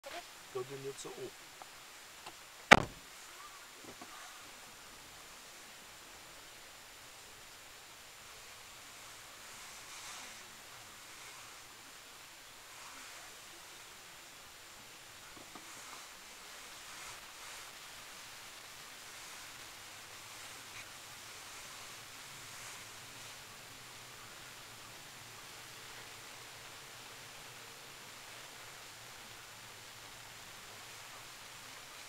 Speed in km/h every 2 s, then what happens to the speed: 0, 0, 0, 0, 7, 7, 6, 5, 4, 7, 10, 12, 12, 12, 11, 9.
0-6 standing. 6-8 pulls away to 7. 8-16 steady at about 6. 16-23 speeds up to 12. 23-32 steady at about 11.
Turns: 18-24.